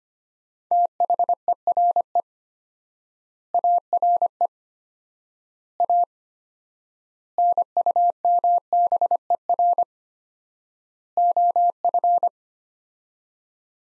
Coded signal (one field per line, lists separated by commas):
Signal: Morse code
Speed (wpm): 25 wpm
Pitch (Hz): 700 Hz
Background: none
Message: THERE ARE A NUMBER OF